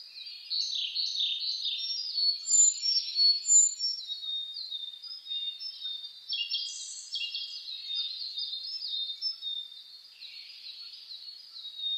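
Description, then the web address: Birds twittering and trilling high-pitched in a busy chorus, sharp repeated chirps and brief whistles running on for the whole stretch. Dawn chorus (reimei, saezuri) recorded 10 May 2010 at 04:01. "sounds data 2010 reimei DH-D 50-saezuri-20100510-0401"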